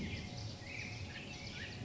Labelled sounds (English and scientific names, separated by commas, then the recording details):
Black-headed Grosbeak (Pheucticus melanocephalus)
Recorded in Sonoma County, California